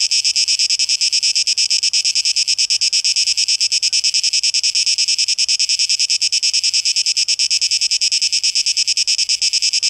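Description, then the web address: Cicadas keep up an intense, pulsing high buzz, even in pitch and tempo throughout. Cicadas, plural, 12 August 2023; tape echo mix. "rauschpartikel 2023-08-12 Zikaden"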